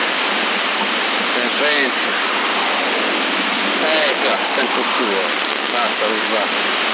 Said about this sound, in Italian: Vento. Ecco, sento il tuo. No, ma già è una bella giornata, solo c'è sto vento, non è freddo, è libeccio, però è una rottura di scatto.